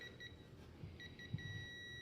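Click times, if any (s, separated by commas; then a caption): 1.0 s, 1.2 s, 1.4 s. A digital torque wrench tightens a main bearing cap bolt on an AMC Rebel SST engine to 50 ft-lbs. High electronic beeps sound briefly at the start, then again at 1.0, 1.2 and 1.4 s, with the last settling into a steady tone over low thuds. The wrench confirms that the 50 ft-lb setting has been reached.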